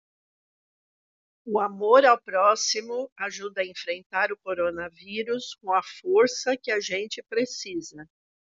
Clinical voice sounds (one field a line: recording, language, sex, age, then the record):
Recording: spoken sentence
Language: Brazilian Portuguese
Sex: female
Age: 60 to 69 years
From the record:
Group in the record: control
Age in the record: 63 years